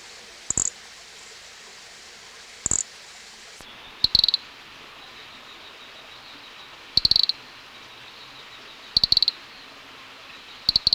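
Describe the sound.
Nesobia mjobergi clicking call: short bursts of rapid high ticks, some shrill and very high, others lower, spaced a second or more apart over a faint steady hiss.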